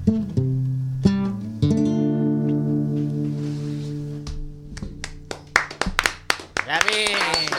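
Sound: applause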